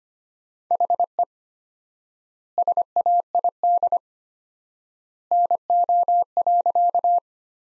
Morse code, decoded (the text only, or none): HE SAID NO.